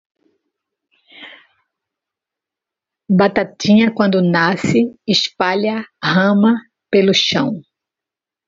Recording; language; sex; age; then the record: short text; Brazilian Portuguese; female; 60 to 69 years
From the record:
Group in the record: control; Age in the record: 62 years